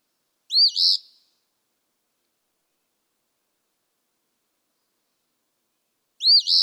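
Eastern phoebe song: two short, buzzy two-part phrases, each lasting under a second, separated by about five seconds of silence.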